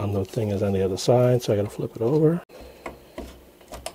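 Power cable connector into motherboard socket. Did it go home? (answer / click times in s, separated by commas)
yes / 3.9 s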